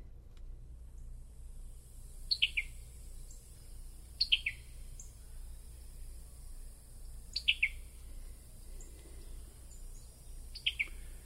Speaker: First, here's the call of the summer tanager.